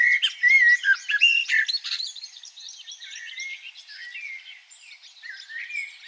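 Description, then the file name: Common blackbird singing in varied bursts: loud warbled and squeaky notes at first, easing into softer, thinner twitters toward the end. "Turdus merula"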